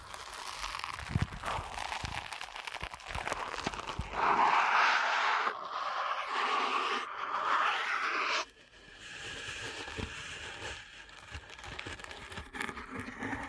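Deep ear canal massage sounds: dense, crackling rubs and scratches with frequent small clicks. From about four to eight seconds the rubbing grows louder and brighter, then cuts off sharply, and a softer, steady scratching carries on to the end.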